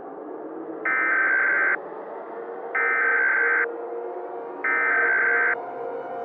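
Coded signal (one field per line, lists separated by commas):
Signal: Emergency Alert System (SAME) tones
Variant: header bursts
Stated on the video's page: Fictional remastered EAS scenario.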